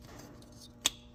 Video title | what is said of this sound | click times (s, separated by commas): 4r70 transmission J-Mod and service | we'll go ahead and snap her back on there | 0.9 s